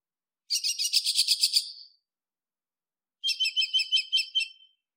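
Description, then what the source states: Nightingale song: a fast buzzy rattle of repeated notes, then after a pause a choppier stuttering phrase over a steady high tone, with nothing else heard. Field recording, desert setting.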